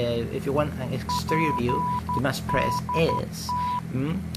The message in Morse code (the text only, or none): PDT